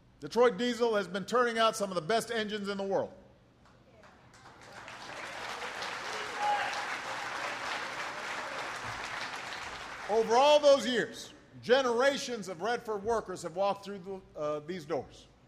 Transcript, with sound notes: Detroit Diesel has been turning out some of the best engines in the world. (Applause.) Over all those years, generations of Redford workers have walked through these doors.